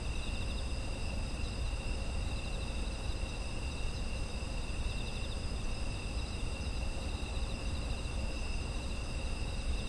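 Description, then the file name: Continuous insect chorus, high trills stacked at several pitches with slight pulsing, accompanied by a steady low background rumble. Autumn insect ambience. "秋の虫の環境音"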